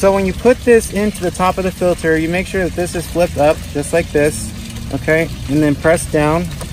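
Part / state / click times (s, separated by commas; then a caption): hose connector valve into canister filter lid / not seated / none. Someone talks while handling the plastic hose connector (aquastop valve) of a Fluval 107 canister filter, with its lever flipped up, and starts pressing it down into the top of the filter, where the intake and output tubes connect. The clip ends before the connector goes home, so nothing has seated or clicked yet.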